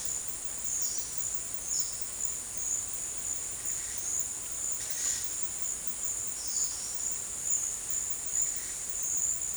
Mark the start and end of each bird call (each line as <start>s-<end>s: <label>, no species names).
0.79s-1.13s: bird call
1.70s-2.15s: bird call
4.75s-5.27s: bird call
6.33s-6.77s: bird call